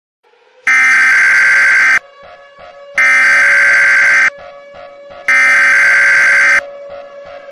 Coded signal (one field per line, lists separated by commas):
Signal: Emergency Alert System (SAME) tones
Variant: header bursts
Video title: Multiversal Emergency Broadcast System